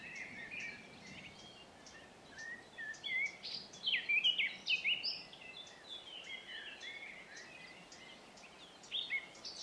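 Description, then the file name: Eurasian blackcap song: a scratchy, quick warble building into loud, clear fluted phrases midway, then easing back to soft chatter. "Sylvia atricapilla"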